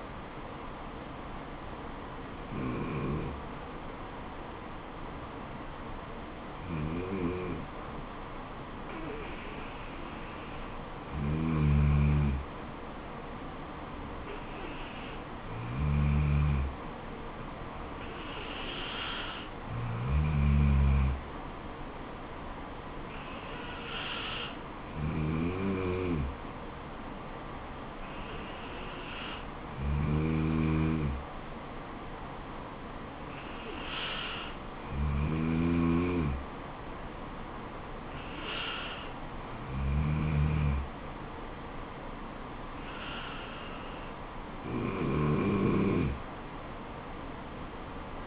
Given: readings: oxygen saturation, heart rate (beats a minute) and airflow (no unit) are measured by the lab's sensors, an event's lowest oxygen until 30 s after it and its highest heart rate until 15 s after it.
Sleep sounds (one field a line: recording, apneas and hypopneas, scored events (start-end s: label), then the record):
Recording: breathing in sleep by a voice recorder at the bedside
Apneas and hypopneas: none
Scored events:
44.00-48.27 s: new sleep stage, N2 (light sleep)
From the record:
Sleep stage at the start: N3 (deep sleep)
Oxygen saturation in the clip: 94 to 95%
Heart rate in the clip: 64 to 76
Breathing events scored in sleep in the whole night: 426 in 7.4 hours asleep